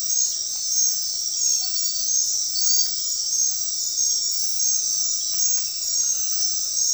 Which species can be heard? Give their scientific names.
none